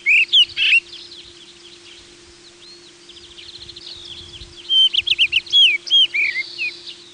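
Rufous-tailed rock thrush singing varied, warbling phrases of quick whistled notes in two bursts, with a steady low hum throughout.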